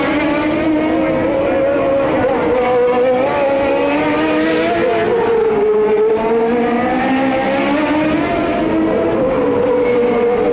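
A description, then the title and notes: IndyCar racing around downtown Detroit: a dense, steady engine whine that rises and dips in pitch, dropping lower around six seconds, then climbing again. The Sounds of CART IndyCar at Detroit, 1990. Trackside sounds of the CART IndyCar Series as it raced around downtown Detroit on the former Formula 1 circuit. The 2.65-liter single-turbo V8 engines from Chevrolet, Cosworth, Judd, Alfa Romeo, and Porsche. There’s also the distinct grunt and wail from the 3.4-liter single-turbo Buicks in action around the tight 2.5-mile street layout.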